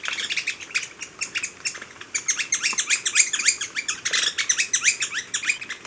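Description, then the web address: Bar-bellied woodpecker calls: rapid, uneven series of high, sharp chirps and short squeaky notes, several each second, continuing throughout. Ecuador. "Birds of Ecuador. Bar-Bellied Woodpecker"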